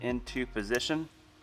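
A metal circlip on a dirt bike shock is being pushed by hand toward its groove on the shaft while someone talks. Only speech is heard, and nothing has seated or clicked yet.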